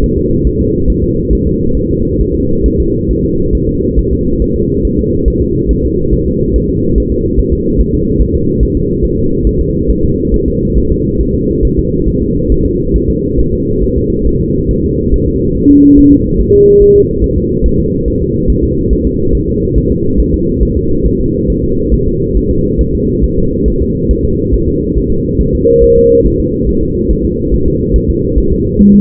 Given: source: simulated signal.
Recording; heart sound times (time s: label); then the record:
fetal heart sounds
0.04 s: S1
0.18 s: S2
0.47 s: S1
0.61 s: S2
0.90 s: S1
1.04 s: S2
1.33 s: S1
1.47 s: S2
1.77 s: S1
1.91 s: S2
2.21 s: S1
2.35 s: S2
2.66 s: S1
2.80 s: S2
3.11 s: S1
3.25 s: S2
3.55 s: S1
3.69 s: S2
3.99 s: S1
4.13 s: S2
4.42 s: S1
4.56 s: S2
4.85 s: S1
4.99 s: S2
5.28 s: S1
5.42 s: S2
5.71 s: S1
5.85 s: S2
6.14 s: S1
6.28 s: S2
6.56 s: S1
6.70 s: S2
6.98 s: S1
7.12 s: S2
7.39 s: S1
7.53 s: S2
7.80 s: S1
7.95 s: S2
8.21 s: S1
8.36 s: S2
8.63 s: S1
8.77 s: S2
9.05 s: S1
9.19 s: S2
9.47 s: S1
9.61 s: S2
9.90 s: S1
10.04 s: S2
10.34 s: S1
10.48 s: S2
10.78 s: S1
10.91 s: S2
11.21 s: S1
11.35 s: S2
11.65 s: S1
11.79 s: S2
12.08 s: S1
12.22 s: S2
12.52 s: S1
12.66 s: S2
12.96 s: S1
13.10 s: S2
13.40 s: S1
13.54 s: S2
13.84 s: S1
13.97 s: S2
14.27 s: S1
14.41 s: S2
14.71 s: S1
14.85 s: S2
15.14 s: S1
15.28 s: S2
15.57 s: S1
15.71 s: S2
15.99 s: S1
16.13 s: S2
16.41 s: S1
16.55 s: S2
16.82 s: S1
16.96 s: S2
17.24 s: S1
17.38 s: S2
17.66 s: S1
17.80 s: S2
18.08 s: S1
18.22 s: S2
18.50 s: S1
18.64 s: S2
18.93 s: S1
19.07 s: S2
19.35 s: S1
19.49 s: S2
19.78 s: S1
19.92 s: S2
20.20 s: S1
20.34 s: S2
20.63 s: S1
20.77 s: S2
21.06 s: S1
21.20 s: S2
21.50 s: S1
21.64 s: S2
21.93 s: S1
22.07 s: S2
22.37 s: S1
22.51 s: S2
22.81 s: S1
22.95 s: S2
23.24 s: S1
23.38 s: S2
23.68 s: S1
23.82 s: S2
24.11 s: S1
24.25 s: S2
24.54 s: S1
24.68 s: S2
24.98 s: S1
25.11 s: S2
25.41 s: S1
25.55 s: S2
25.84 s: S1
25.98 s: S2
26.26 s: S1
26.40 s: S2
26.69 s: S1
26.83 s: S2
27.11 s: S1
27.25 s: S2
27.54 s: S1
27.68 s: S2
27.96 s: S1
28.10 s: S2
28.38 s: S1
28.52 s: S2
28.80 s: S1
28.95 s: S2
From the record:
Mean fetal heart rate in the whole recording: 140 bpm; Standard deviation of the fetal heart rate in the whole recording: 2 bpm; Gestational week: 34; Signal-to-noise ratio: -15.3 dB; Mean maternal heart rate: 72 bpm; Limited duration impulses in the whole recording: present